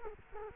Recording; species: mosquito wingbeat signal from an infrared sensor; Culex quinquefasciatus